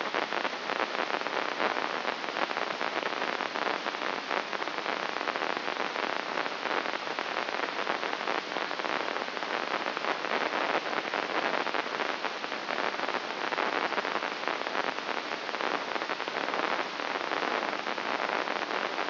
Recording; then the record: brain microelectrode recording played as sound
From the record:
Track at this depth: inside the subthalamic nucleus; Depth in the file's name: 4.23 mm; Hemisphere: left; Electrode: 3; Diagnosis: Parkinson's disease